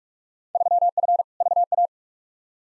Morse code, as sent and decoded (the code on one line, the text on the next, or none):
...-- ..-. / ...- .-
3F VA